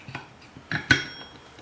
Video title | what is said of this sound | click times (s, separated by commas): Bowflex Selecttech 552 Dumbbells How to Repair | okay so there it is everything's locked into place | 0.9 s